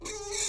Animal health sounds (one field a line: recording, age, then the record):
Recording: pig call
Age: weaner (32 to 43 days)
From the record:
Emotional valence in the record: negative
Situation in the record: novel object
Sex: female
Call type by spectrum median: high-frequency call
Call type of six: high-frequency stable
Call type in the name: high-frequency stable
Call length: 0.49 s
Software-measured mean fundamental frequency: 417 Hz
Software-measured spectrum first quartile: 1536 Hz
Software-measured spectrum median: 4761 Hz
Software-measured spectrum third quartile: 7036 Hz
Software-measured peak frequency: 413 Hz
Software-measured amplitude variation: 110 dB a second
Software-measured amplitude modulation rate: 21.3 a second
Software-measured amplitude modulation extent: 5.2 dB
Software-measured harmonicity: 4.9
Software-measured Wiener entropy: -2.19